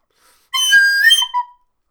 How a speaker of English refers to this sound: For where there's a will, there's a way. And I have a way. And he whistles.